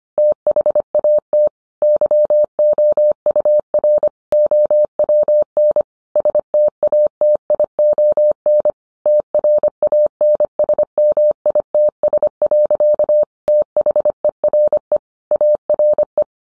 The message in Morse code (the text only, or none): THAT YOUR OWN STATION TRANSMITS. THERE ARE